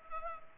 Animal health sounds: mosquito wingbeat signal from an infrared sensor; Culex pipiens

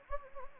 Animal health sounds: mosquito wingbeat signal from an infrared sensor; Anopheles gambiae

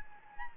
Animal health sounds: mosquito wingbeat signal from an infrared sensor; Anopheles gambiae

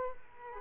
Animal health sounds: mosquito wingbeat signal from an infrared sensor; Culex quinquefasciatus

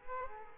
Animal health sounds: mosquito wingbeat signal from an infrared sensor; Culex quinquefasciatus

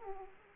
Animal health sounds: mosquito wingbeat signal from an infrared sensor; Aedes aegypti

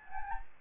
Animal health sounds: mosquito wingbeat signal from an infrared sensor; Anopheles gambiae

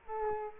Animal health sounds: mosquito wingbeat signal from an infrared sensor; Culex quinquefasciatus

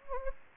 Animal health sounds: mosquito wingbeat signal from an infrared sensor; Anopheles gambiae

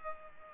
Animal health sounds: mosquito wingbeat signal from an infrared sensor; Culex pipiens

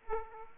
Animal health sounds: mosquito wingbeat signal from an infrared sensor; Aedes aegypti

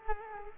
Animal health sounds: mosquito wingbeat signal from an infrared sensor; Culex quinquefasciatus

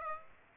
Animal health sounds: mosquito wingbeat signal from an infrared sensor; Aedes aegypti

